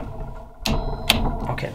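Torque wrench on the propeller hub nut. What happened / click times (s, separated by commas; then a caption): The torque wrench clicked at its setting / 1.1 s. A bicycle torque wrench, driving a spanner-type tool whose two pins sit in the grooves of the bearing nut on an Autoprop H5 propeller hub, tightens the nut to about fourteen newton metres during a rebuild. A strong knock at 0.7 s is followed by the wrench's sharp click at 1.1 s, then a few softer taps near 1.5–1.6 s. The nut is confirmed set at the torque setting.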